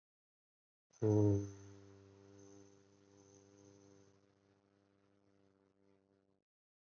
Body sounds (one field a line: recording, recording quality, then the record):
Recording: sustained vowel as in boot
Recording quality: moderate, slight background noise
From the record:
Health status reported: COVID-19 positive, mild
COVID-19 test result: positive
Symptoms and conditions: sore throat, fever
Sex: male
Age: 23 years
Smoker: not ticked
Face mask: not worn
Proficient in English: yes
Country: India